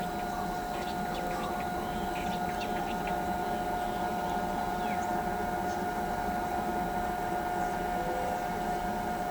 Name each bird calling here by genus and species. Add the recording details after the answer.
none. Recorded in pastures near Pivijay, Magdalena, Colombia, on 15 April 2023 at 07:30. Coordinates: 10.456, -74.369. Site P6-G026